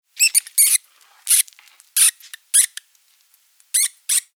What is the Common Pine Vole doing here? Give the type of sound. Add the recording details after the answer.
distress call. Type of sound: distress call. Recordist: Frommolt, Karl-Heinz. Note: Distress-Laute eines Männchens